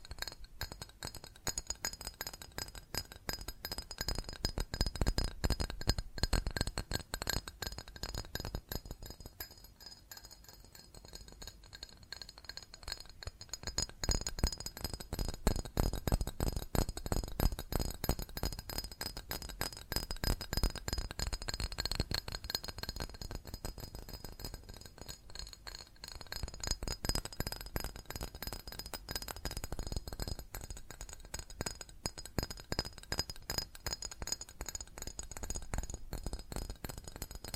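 Fast tapping on glass and ceramic objects, a dense, rapid stream of bright clinks and chinks that runs for the whole clip. The tapping swells and thins in waves, easing briefly around ten and twenty-five seconds before picking back up.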